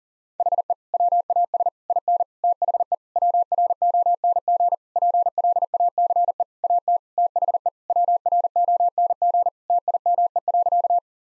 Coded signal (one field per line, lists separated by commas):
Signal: Morse code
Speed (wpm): 40 wpm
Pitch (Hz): 700 Hz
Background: none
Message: HE WAS IN THE WRONG PLACE AT THE WRONG TIME.